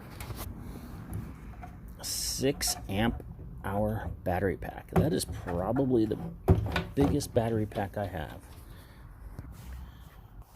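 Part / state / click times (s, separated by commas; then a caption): 18 V battery pack into charger / not seated / none. A Milwaukee M18 6 amp hour 18 V lithium battery pack from a 2828-21 kit is slid onto its charger, which is not plugged in yet, while someone talks over faint handling knocks and scrapes. The pack sits fully in place, but it gives no click; nothing has seated or clicked yet.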